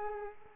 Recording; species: mosquito wingbeat signal from an infrared sensor; Culex pipiens